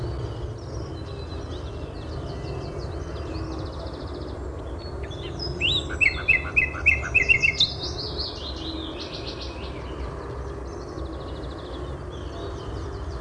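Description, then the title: Bird song: a quick run of sharp, repeated chirps midway, with scattered high twittering notes before and after over a steady low rumble. "LuckyPassaro Completos2Sama"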